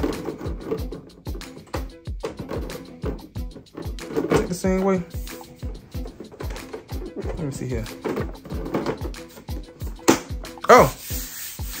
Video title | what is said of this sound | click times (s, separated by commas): Unboxing the *NEW* Volcanic Red PS5 Covers & Controller! - Deep Earth Collection | it took quick. Y'all heard that click? I heard a click, okay. | 10.1 s